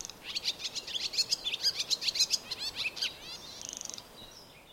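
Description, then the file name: Barn swallow twittering: a fast, uneven run of high chirps and warbled notes, then a short dry buzzing rattle near the end, over faint background hiss. "Rondine Comune"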